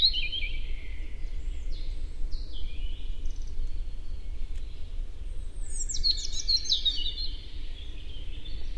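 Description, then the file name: European robin giving thin, high whistled phrases that slide and trill, a burst near the start and a brighter run late, over a steady low rumble. "Erithacus rubecula"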